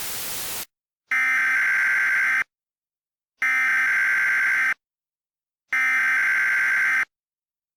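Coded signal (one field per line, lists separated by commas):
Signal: Emergency Alert System (SAME) tones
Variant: header bursts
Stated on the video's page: Fictional mock EAS alert.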